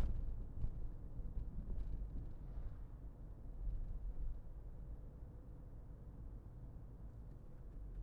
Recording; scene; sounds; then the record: everyday scene through a hearing-aid microphone; in a vehicle; engine, highway driving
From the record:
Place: Berlingo II, diesel engine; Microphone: behind the ear, left, front